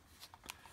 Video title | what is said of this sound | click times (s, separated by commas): Gear VR w/ Galaxy S7: Quick Unboxing, Setup, & Tutorial to Get You Up & Running! | just push down and it snaps right into place okay | 0.3 s, 0.5 s